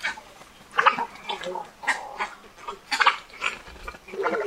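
Little egret giving harsh, rasping croaks in short, irregular bursts.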